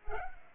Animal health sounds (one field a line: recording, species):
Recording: mosquito wingbeat signal from an infrared sensor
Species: Culex pipiens